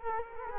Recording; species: mosquito wingbeat signal from an infrared sensor; Culex quinquefasciatus